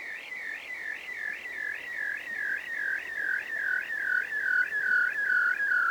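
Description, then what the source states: Bearded seal trill: a long, slowly descending warble, wavering rapidly and regularly, growing louder toward the end. Unaltered recording played in an interview.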